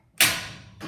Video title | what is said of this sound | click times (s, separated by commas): How to Disengage a new liftmaster garage door opener ￼ | you just pull straight down. I mean to the door. Till you hear it click. Like | 0.2 s